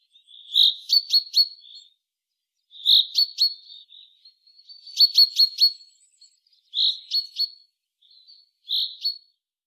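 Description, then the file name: Common chaffinch calls: a soft tonal note, then a few sharp, high clicking notes, repeated in several bursts, with no other sounds. "Fringilla coelebs"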